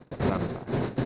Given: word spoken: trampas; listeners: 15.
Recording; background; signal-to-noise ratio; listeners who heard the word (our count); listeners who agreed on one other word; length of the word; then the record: one Spanish word in noise, from a listening test; noise modulated by one talker; -7.0 dB; 1 of 15; 6 of 15; 0.65 s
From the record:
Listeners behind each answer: 6, 1, 1, 1, 1, 1, 1, 1, 1, 1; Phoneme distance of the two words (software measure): 7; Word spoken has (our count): 2 syllables, 7 phonemes, stress on syllable 1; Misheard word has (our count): 2 syllables, 6 phonemes, stress on syllable 1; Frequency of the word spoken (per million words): 7.05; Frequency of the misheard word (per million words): 14.47